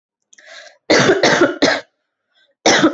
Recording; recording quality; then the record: heavy voluntary cough; excellent, no background noise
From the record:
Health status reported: exposed to COVID-19, no respiratory illness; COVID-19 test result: not tested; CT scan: not taken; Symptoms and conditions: cold, fatigue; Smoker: no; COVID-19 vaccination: one dose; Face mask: not worn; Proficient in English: yes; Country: India